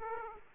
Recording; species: mosquito wingbeat signal from an infrared sensor; Aedes aegypti